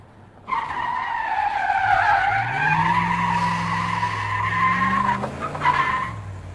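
A long, loud, high-pitched screech of a truck's brakes at night starts abruptly and holds for about six seconds, wavering slightly in pitch over a low engine rumble, with no voices.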